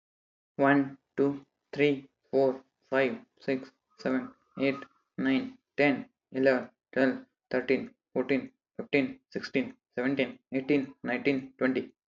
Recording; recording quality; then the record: counting at a normal pace; excellent, no background noise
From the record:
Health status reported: healthy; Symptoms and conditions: none ticked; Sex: male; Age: 21 years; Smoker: not ticked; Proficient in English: yes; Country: India